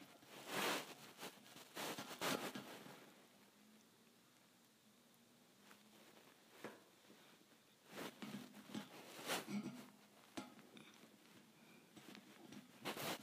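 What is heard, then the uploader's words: Thin metal bars are tapped in short, bright clicks. The taps come in scattered bursts, clustered near the start, around the eight-to-ten-second mark, and again near the end. Quieter stretches in between carry a faint low hum and light rustling. ASMR Tapping Thin Metal Bars.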